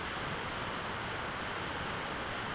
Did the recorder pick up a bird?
no